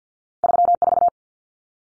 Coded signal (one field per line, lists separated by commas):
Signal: Morse code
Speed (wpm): 50 wpm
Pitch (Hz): 700 Hz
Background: none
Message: 34